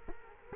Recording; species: mosquito wingbeat signal from an infrared sensor; Culex quinquefasciatus